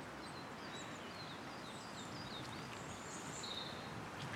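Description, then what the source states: Siskin song, thin high twittering notes scattered throughout over a steady hiss of background noise. Siskin singing up ahead in a spring equinox woodland of straggly pines, alders, hollies and elder beside a winding stream in Monmouthshire, recently flooded.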